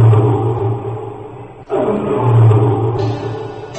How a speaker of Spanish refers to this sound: La rana Valeriana trataba de mantener el orden cuando de repente se oyó un gran rugido estruendoso.